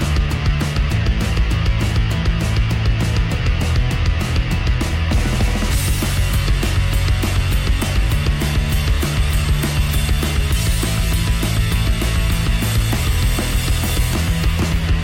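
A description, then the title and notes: A ride on the way to an art car parade, filled with loud, steady music pounding close by. A deep bass line shifts between notes under a regular, fast beat, and just before the six-second mark the sound turns brighter and busier, staying dense to the end. Riding to the Houston Art Car Parade: An Epic POV Bike Adventure on the City's Scenic Trails.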